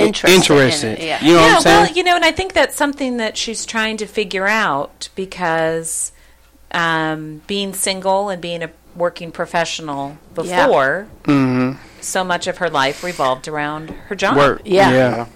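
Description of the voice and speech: A woman speaks fluently in a relaxed conversational voice of medium pitch, with natural phrasing and brief pauses, during a group discussion. Other listeners add soft 'mm-hmm' and 'yeah' responses. The voice is clear, with ordinary articulation and rhythm.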